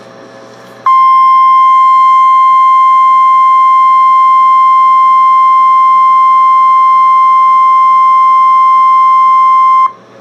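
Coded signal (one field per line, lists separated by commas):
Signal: Emergency Alert System (SAME) tones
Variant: 1050 Hz attention tone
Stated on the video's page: Flash Flood Warning tones received from weather radio station KEC56.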